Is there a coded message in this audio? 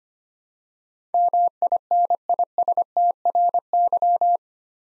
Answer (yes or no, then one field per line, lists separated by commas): yes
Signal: Morse code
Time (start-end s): 1.1-4.4 s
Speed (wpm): 25 wpm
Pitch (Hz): 700 Hz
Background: none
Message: MINISTRY